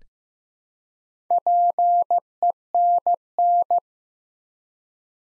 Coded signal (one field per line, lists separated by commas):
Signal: Morse code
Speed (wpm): 15 wpm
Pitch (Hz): 700 Hz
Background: none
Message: PENN